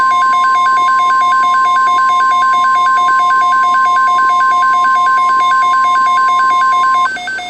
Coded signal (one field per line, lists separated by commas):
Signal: Emergency Alert System (SAME) tones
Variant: 1050 Hz attention tone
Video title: Outbreak I: Denver Dismemberment (EAS Scenario)